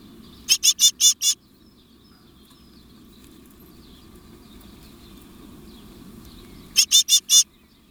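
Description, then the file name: Great tit calls: five rapid, scratchy buzzing notes, then about five seconds of low background rumble before four more notes in the same chattering rhythm. "Parus major"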